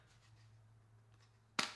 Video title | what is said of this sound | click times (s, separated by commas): ULTIMATE GRIP!! - Dbrand Grip for Samsung Galaxy S25 Ultra! | Solid click onto the phone itself. | 1.6 s